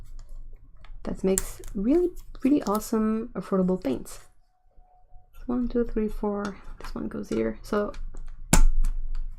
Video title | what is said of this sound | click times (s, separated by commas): Unboxing of Renesans watercolor set | you can hear it clicking it usually means that the Japan will not be easy to budge there | 8.5 s